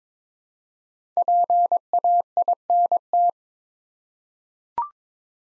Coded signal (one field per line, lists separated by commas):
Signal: Morse code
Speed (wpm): 22 wpm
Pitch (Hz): 700 Hz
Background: none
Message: PAINT